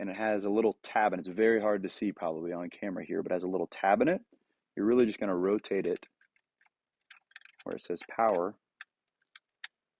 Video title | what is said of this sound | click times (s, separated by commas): Video Diector Startup Procedure - Lifepointe Church | and again, it locks in place. | 9.6 s